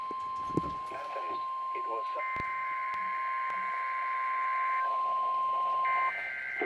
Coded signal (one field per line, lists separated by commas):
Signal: Emergency Alert System (SAME) tones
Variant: 1050 Hz attention tone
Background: speech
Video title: Required Weekly Tests (EAS #672-673)